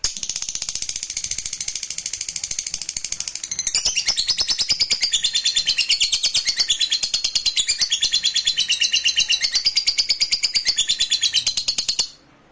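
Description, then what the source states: Lovebird song: a long, rapid stream of high chattering chirps repeated about three times a second, growing louder and denser after four seconds, then stopping abruptly. Fighter lovebird singing energetically, described as gacor.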